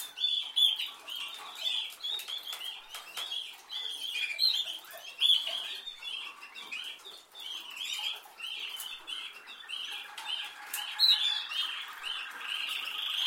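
Canary twittering in short, rapid bursts of chirps that swell and fade, with a softer rolling trill appearing toward the end.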